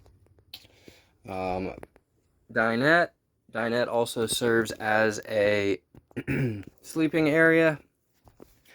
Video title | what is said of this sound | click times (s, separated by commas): 4832-P: 2018 Thor Freedom Elite | Right here, this does pull out, locks into place. | 0.5 s